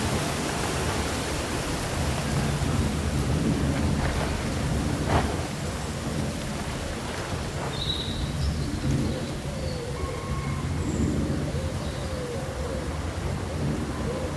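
Leaves rustle in a steady, dense wash that fills the whole clip, with a low rumble underneath and soft surges of wind. Faint short bird calls appear now and then, a few brief chirps and whistles around the middle and latter half.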